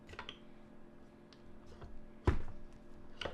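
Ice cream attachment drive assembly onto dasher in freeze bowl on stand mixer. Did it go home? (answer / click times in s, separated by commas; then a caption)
no / none. The motor head of a KitchenAid stand mixer is lowered onto the plastic drive assembly of the ice cream attachment, over the dasher in the freeze bowl. A few faint ticks and knocks are heard, with a sharper thump at 2.3 s and another tap at 3.2 s. The drive assembly has not engaged the dasher and nothing has clicked in yet.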